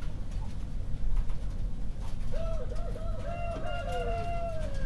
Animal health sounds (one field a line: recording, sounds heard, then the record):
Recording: poultry house recording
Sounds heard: healthy chickens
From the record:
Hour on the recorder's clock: 1